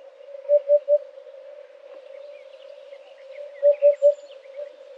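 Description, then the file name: Eurasian hoopoe calling two hollow three-note bursts, oop-oop-oop, about three seconds apart, over a continuous droning tone. "huppe fasciee"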